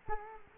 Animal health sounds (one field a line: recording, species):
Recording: mosquito wingbeat signal from an infrared sensor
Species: Culex quinquefasciatus